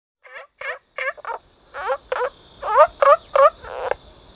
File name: Rana adenopleura